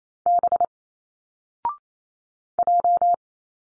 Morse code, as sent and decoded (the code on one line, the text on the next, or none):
-... / .---
B J